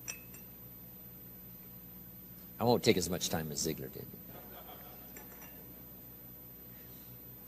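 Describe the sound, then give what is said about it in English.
A short cluster of bright glass clinks and knocks as a glass full of water is handled, lasting about a second, with a man speaking briefly before and after. “If this glass is full of water, wow, here's my coffee.”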